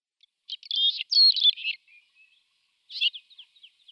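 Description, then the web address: Red-rumped swallow singing a brief, scratchy twittering warble, a short pause, then a second softer burst of chattering notes. "Schulze Peter Red-rumped Swallow song"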